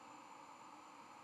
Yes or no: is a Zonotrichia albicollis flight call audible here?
no